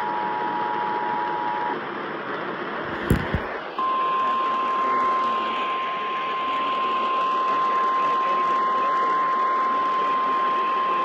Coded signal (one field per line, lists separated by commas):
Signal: Emergency Alert System (SAME) tones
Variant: 853 and 960 Hz attention tone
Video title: EAS #1977 WI RMT on WISN-AM